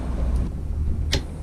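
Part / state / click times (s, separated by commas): click torque wrench on engine protector bolt / torque reached / 1.1 s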